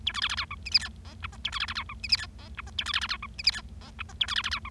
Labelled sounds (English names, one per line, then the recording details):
Bengalese Finch song
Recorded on 25 March 2012 at 19:06
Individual gy6or6